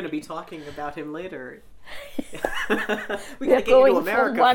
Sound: they laugh

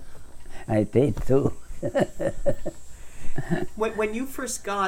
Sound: laughs

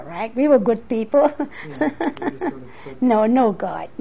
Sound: she laughs

